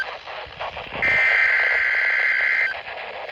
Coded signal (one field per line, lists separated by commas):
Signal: Emergency Alert System (SAME) tones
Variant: header bursts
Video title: END OF SEMSTER WEEKLY…(1/25/23) EAS 843